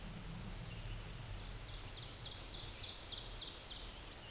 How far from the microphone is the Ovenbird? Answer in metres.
about 60 m